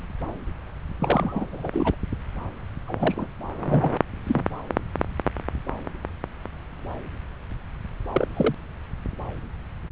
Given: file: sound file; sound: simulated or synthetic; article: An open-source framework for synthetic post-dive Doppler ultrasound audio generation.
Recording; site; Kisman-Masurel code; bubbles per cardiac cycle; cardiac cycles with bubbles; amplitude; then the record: Doppler ultrasound audio after a dive; subclavian; 221; several, 3–8; 10–50%; barely perceptible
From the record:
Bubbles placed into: full cardiac cycles